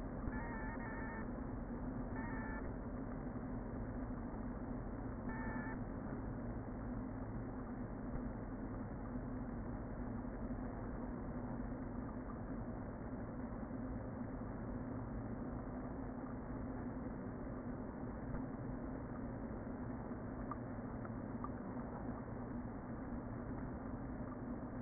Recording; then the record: honeybee colony, microphone inside the hive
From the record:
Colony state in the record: queen present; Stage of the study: before two queens were removed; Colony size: about 60,000 bees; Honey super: yes